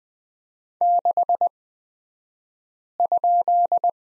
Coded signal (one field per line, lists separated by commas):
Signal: Morse code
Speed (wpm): 20 wpm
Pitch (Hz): 700 Hz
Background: none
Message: 6?